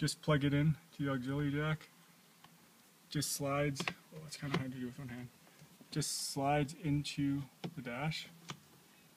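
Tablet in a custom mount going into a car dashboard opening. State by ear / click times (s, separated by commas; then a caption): seated / 8.5 s. An iPad mini in a homemade spring-loaded hook mount, plugged into the auxiliary jack, is pushed into the dash opening of a 2010 Honda Civic fitted with an Alpine KTP-445U amplifier. Someone talks throughout. A sharp click at 8.5 s marks the mount locking into place, and the tablet is seated.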